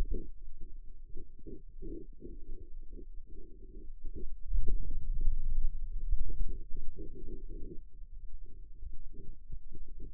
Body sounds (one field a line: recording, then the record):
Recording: forearm muscle sounds (acoustic myography)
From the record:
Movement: inward rotation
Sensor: system 2, bracelet of six BSWA MPA416 microphones around the upper forearm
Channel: 5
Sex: male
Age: 22 years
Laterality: right